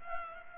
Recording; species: mosquito wingbeat signal from an infrared sensor; Culex pipiens